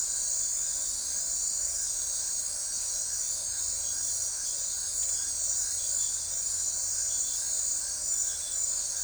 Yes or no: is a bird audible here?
no